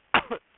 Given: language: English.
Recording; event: throat vibration sensor signal played as sound; cough